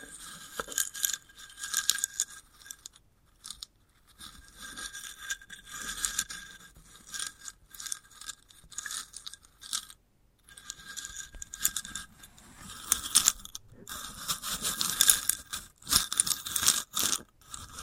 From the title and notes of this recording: ASMR of a Sunflower Head (No Talking).